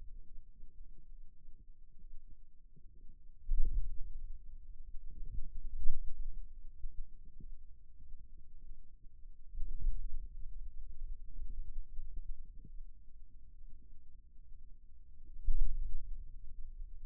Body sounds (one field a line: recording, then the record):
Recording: forearm muscle sounds (acoustic myography)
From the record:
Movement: hand closing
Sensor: system 2, bracelet of six BSWA MPA416 microphones around the upper forearm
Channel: 1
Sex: male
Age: 22 years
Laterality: right